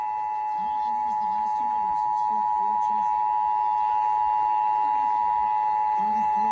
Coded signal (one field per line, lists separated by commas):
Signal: Emergency Alert System (SAME) tones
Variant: 853 and 960 Hz attention tone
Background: speech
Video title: EAS #576 IL Required Monthly Test on WSCR-AM with low pitch at the end